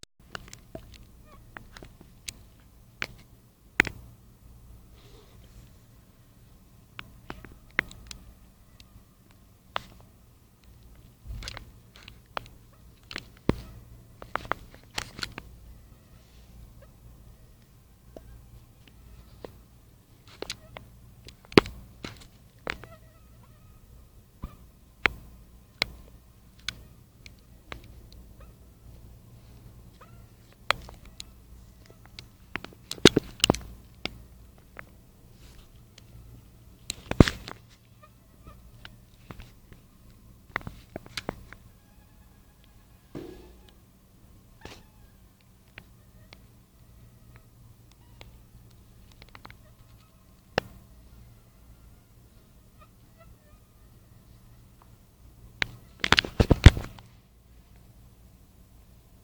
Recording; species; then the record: mosquito flight sound by mobile phone; Anopheles stephensi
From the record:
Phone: Nokia 5235